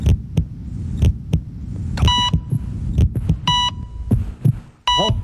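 Paired lub-dub thumps at about 62 beats a minute, a normal adult heartbeat picked up by a microphone held to the chest, with electronic beeps overlaid.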